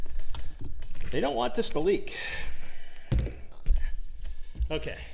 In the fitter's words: and then it snaps right in